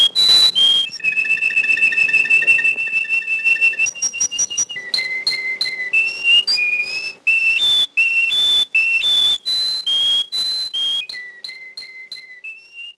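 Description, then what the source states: Canary song of rolling trills and long sustained whistles, shifting through several pitch levels in turn, with a soft low buzz beneath some passages. Bunting-type song (ovsyanochny napev).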